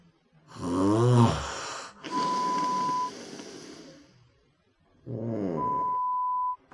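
Snoring sound from an adult sleeper.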